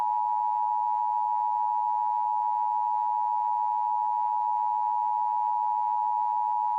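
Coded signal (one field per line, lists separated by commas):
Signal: Emergency Alert System (SAME) tones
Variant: 853 and 960 Hz attention tone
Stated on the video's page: Homemade EAS test the uploader made.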